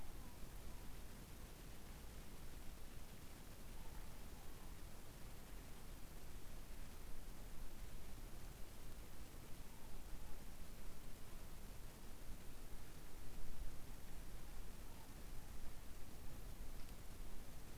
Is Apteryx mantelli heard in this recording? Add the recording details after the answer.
no. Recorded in New Zealand on 14 December 2015. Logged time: 00:43. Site CG68